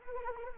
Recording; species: mosquito wingbeat signal from an infrared sensor; Anopheles arabiensis